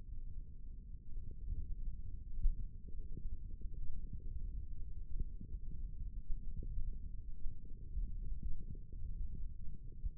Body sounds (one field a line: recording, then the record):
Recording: forearm muscle sounds (acoustic myography)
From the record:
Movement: finger pinch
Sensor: system 1, eight BSWA MPA416 microphones around the upper forearm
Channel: 1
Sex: male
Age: 18 years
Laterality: right